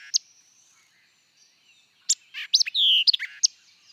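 White-eyed vireo giving a snappy song phrase: a sharp chip, a pause, then a rush of chips around a clear slurred whistle, with soft background bird notes.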